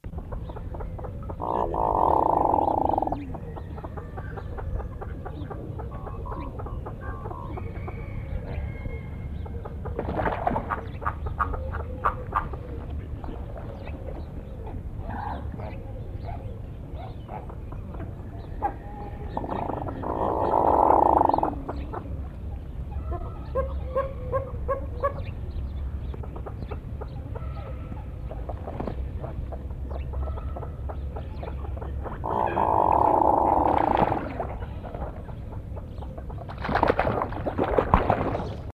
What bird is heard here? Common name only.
Hooded Merganser